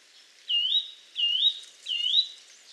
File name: Sitta europaea